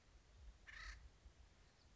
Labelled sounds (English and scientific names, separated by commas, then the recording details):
Acorn Woodpecker (Melanerpes formicivorus)
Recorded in Sonoma County, California